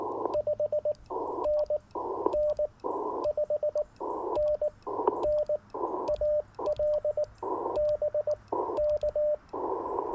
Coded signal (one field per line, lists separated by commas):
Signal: Morse code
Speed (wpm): 18 wpm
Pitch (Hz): 600 Hz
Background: radio noise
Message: 5NN 5NN AL BK